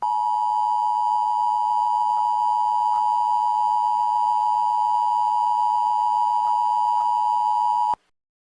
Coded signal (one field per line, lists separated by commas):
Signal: Emergency Alert System (SAME) tones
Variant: 853 and 960 Hz attention tone